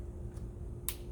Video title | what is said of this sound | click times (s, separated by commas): 2013 SL550 Race Chip Install & Full fuel mileage Review | all these do is just snap right in | 0.9 s